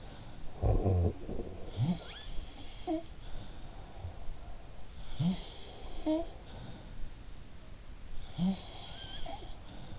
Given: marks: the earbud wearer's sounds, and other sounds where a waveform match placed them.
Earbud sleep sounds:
sounds in sleep by an in-ear microphone; snoring breath
0.00-1.74 s: snoring breath
1.13-3.61 s: sound from someone else or the room
4.43-6.81 s: sound from someone else or the room
7.58-9.94 s: sound from someone else or the room

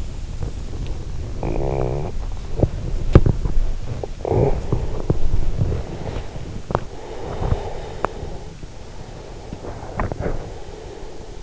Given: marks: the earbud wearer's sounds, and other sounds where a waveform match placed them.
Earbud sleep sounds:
sounds in sleep by an in-ear microphone; talking in sleep, body movement, breath
1.35-2.29 s: talking in sleep
2.33-10.11 s: body movement
6.61-11.43 s: breath

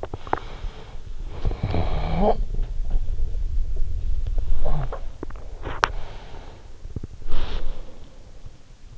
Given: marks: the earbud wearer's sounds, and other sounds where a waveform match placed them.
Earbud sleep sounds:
sounds in sleep by an in-ear microphone; swallowing, snoring breath, talking in sleep, teeth grinding, breath, body movement
0.00-0.96 s: swallowing
0.02-2.61 s: snoring breath
1.98-5.03 s: talking in sleep
4.44-5.37 s: swallowing
5.55-6.27 s: teeth grinding
5.73-8.76 s: breath
7.25-8.41 s: body movement

